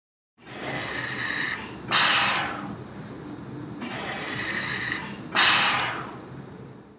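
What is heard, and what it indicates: Steady mechanical breathing cycles from a ventilator: a sharp hissing rush of air every few seconds, roughly 17 cycles a minute, easing off into a softer, longer airflow phase. The ventilator pushes air in and lets it flow back out to help someone breathe.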